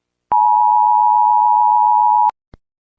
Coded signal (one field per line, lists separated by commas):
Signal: Emergency Alert System (SAME) tones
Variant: 853 and 960 Hz attention tone